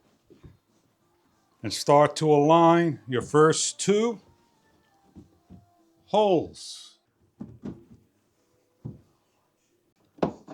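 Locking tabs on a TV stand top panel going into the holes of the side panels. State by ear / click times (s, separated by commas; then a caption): seated / 10.2 s. Someone talks while the wooden top panel of a fireplace TV stand rests on top and its first two holes are lined up with the side panels, with a few soft knocks in between. The panel is pushed down and its locking tabs click into place in the side panel holes with a sharp hit at 10.2 s, seating the top.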